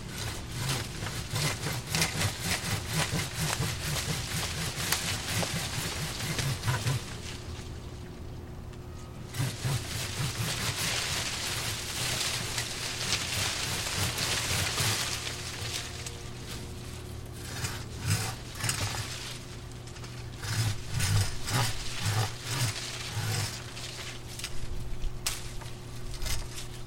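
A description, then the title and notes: Apple trees being cut in a backyard: bursts of rough sawing with pauses near 8 and 15 seconds, over a steady low engine hum. I recorded cutting down two small apple trees in our backyard. I changed the mic set-up about half way through the recording.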